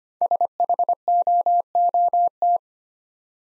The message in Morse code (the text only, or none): SHOOT